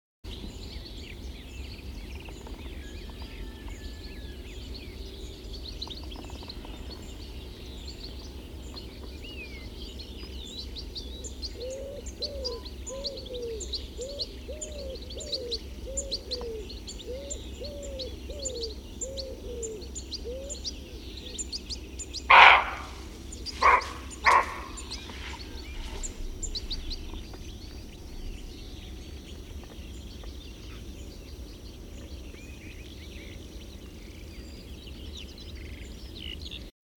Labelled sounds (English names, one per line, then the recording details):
Common Wood Pigeon call
Western Roe Deer call
European Goldfinch call
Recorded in the wild
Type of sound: call
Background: Capreolus capreolus, Carduelis carduelis
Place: Schönfeld, Brandenburg, DE
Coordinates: 53.396, 14.001
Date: 1988-06-17
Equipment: Nagra III BH, Sennheiser MD 21, parabola
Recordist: Schubert, Michael
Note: Schreckender Rehbock, Rufe von Ringeltaube, Stieglitzen, fern Wachtel